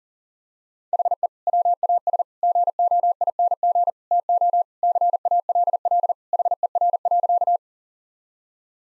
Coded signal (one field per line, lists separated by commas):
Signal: Morse code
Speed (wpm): 40 wpm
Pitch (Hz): 700 Hz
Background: none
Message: HE WAS GOING TO CALL HER.